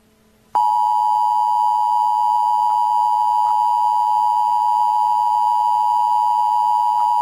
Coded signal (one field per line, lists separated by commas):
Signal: Emergency Alert System (SAME) tones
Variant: 853 and 960 Hz attention tone